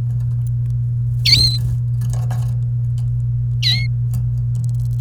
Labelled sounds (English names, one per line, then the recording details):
Domestic Canary song
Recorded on 29 April 2018 at 08:15
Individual llb3